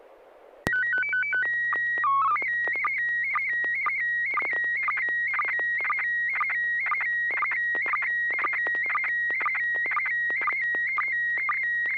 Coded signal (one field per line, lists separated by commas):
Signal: SSTV (slow-scan television)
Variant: PD 120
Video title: N6NA SSTV Net - 03/05/2025